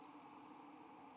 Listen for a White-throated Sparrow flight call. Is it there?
no